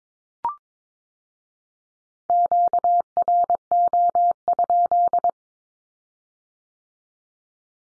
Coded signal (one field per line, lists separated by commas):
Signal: Morse code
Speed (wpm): 22 wpm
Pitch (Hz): 700 Hz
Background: none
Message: QRO?